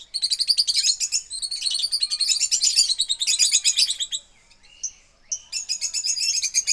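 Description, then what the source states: Birds chirping: dense, rapid high-pitched twittering in quick bursts, broken by a brief lull with a couple of thin whistled notes. Rainforest birds.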